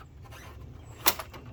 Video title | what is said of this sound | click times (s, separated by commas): How to move windshield / windscreen Honda GoldWing Gold Wing GL1800 Touring Motorcycle More | hear it click that means it'll go up that much then click | 1.1 s